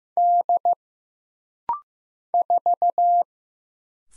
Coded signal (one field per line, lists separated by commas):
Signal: Morse code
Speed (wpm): 15 wpm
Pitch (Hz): 700 Hz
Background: none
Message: D 4